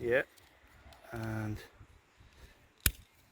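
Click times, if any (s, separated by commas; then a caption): 2.9 s. Someone talks briefly as the hinged plastic locking lid on a wiper blade adapter is closed down over the wiper arm of a Nissan Qashqai. A single sharp click at 2.9 s marks the lid snapping shut, and the blade is locked onto the arm.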